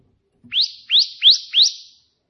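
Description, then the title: Prinia song of four evenly spaced, sharply rising buzzy notes in quick succession. Three song variations ('tembakan') of a prenjak putih, offered as tutoring material (masteran) for pet prinias. "3 VARIASI TEMBAKAN prenjak putih ini COCOK untuk masteran prenjak anda"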